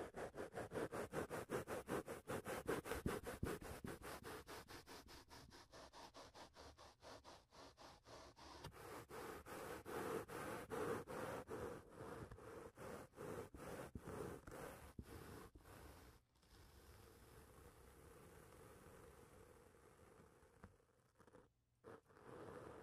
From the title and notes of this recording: Mic touching. Sounds like: corduroys after wash day, getting your jeans drawn on in high school, grooming a Wookiee.